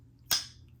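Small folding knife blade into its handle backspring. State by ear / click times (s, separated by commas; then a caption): seated / 0.3 s. The lighter blade of a small Boker cattle folding knife is snapped into place against its handle backspring, which has the same tension as on the other blade. A single sharp, bright click at 0.3 s fades quickly over a low background hum. The blade seats with a slightly snappier click because the lighter blade has less inertia.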